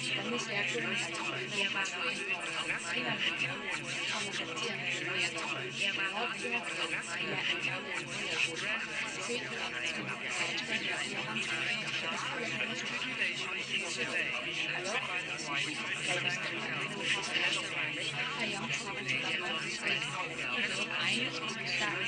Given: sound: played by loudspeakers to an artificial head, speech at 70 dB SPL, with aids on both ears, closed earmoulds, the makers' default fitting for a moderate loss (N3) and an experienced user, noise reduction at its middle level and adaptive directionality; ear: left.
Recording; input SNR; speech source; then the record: speech test signal (ISTS) in cocktail-party noise; -6 dB; on the right (90 degrees)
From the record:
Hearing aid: class 2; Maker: G